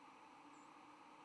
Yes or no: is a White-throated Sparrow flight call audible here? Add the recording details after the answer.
no. Another species' flight call is heard. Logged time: 08:05 on 10 November 2014